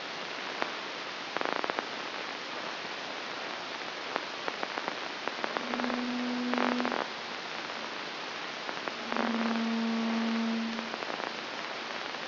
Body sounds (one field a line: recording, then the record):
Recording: brain microelectrode recording played as sound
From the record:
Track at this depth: inside the subthalamic nucleus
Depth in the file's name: 2.149 mm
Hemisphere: right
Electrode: 2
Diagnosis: Parkinson's disease